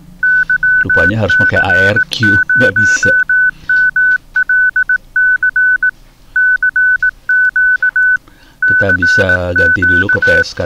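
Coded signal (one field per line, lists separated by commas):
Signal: Morse code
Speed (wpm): 18 wpm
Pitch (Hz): 1500 Hz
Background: speech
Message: YC0MLC CQ CQ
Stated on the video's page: Files sent via handheld radio using FLDIGI and FLAMP software.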